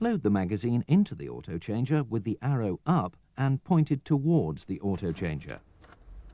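Someone talks while a plastic CD magazine is handled with its arrow up, ready to be pushed into the optional six-disc CD autochanger stored in the glove box of a 1999 Jaguar S-Type. The clip ends before the magazine goes home; nothing has seated or clicked yet.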